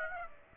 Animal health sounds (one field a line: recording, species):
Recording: mosquito wingbeat signal from an infrared sensor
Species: Aedes aegypti